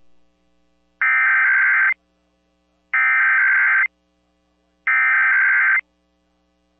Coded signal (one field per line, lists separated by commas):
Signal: Emergency Alert System (SAME) tones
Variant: header bursts